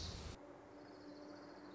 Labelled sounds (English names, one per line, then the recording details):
Orange-crowned Warbler
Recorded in Sonoma County, California